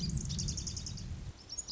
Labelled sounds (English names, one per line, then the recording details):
Lazuli Bunting
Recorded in Sonoma County, California